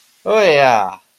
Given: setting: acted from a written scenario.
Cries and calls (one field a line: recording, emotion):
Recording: vocal sound without words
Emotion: relief